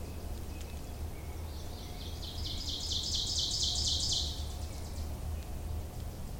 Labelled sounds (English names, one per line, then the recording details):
Ovenbird song
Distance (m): 40 m
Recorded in boreal forest in Alberta, Canada, on 26 May 2016 at 07:57
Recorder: SongMeter 3, array SBT-3-15
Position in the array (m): 59 m, 220 m
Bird 20